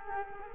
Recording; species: mosquito wingbeat signal from an infrared sensor; Culex quinquefasciatus